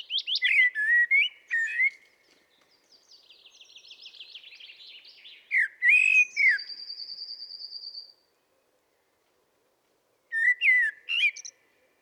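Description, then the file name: Common blackbird delivering three song phrases of rich fluting warbles, the first two trailing into thin, high twittering, with quiet gaps between. "Turdus merula"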